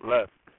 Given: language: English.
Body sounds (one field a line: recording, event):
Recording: throat vibration sensor signal played as sound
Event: speech